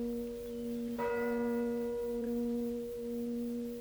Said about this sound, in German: Haben Sie die Glockenschläge gezählt? Wozu? Meine Zeit ist vorüber. 9? Wie? 9?